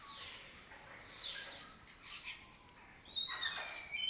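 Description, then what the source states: Lesser kestrel calls, a sharp descending rasp followed by rapid overlapping chattering notes from several birds, with faint hiss beneath. Colony of migratory raptors that took over an abandoned building in Doñana; breeds in southern Europe and spends its foraging time in West Africa.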